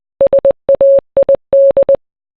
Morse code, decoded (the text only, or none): SAID